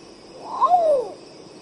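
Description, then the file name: Long-tailed potoo song: a single short wailing note that rises then slides downward, a hoarse descending cry lasting about half a second, with a steady high background hiss. "canto do urutau pardo"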